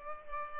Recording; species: mosquito wingbeat signal from an infrared sensor; Culex pipiens